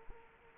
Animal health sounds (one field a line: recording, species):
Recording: mosquito wingbeat signal from an infrared sensor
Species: Culex quinquefasciatus